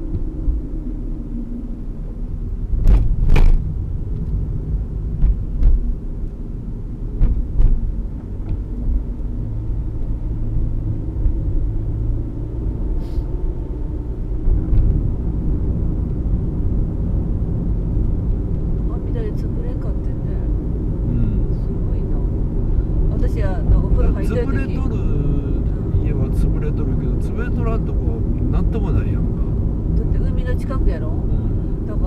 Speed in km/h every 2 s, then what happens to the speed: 29, 21, 24, 24, 29, 30, 35, 35, 36, 36, 37, 37, 40, 41, 39, 39.
3-13 speeds up to 35. 13-32 steady at about 37.